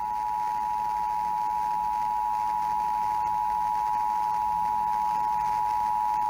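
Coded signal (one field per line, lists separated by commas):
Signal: Emergency Alert System (SAME) tones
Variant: 853 and 960 Hz attention tone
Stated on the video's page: National EAS/WEA test; National Periodic Test recorded off an FM station with an audio recorder.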